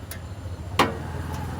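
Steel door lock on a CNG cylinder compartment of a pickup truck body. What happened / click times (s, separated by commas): The steel compartment door latch engaged and locked shut / 0.8 s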